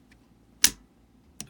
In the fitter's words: Okay, the click came first with my thumb was the M-block seating.